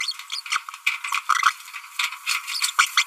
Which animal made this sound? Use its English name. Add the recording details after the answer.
Green-rumped Parrotlet. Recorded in a nest box in Venezuela. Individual 18B25A3